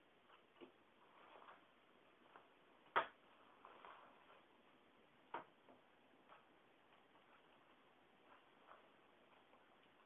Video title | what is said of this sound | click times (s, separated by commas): Speck SeeThru Satin Case - Macbook Pro 15 inch - 3 Jul 2011 | it was a small click on this side there is no click on this side | 5.3 s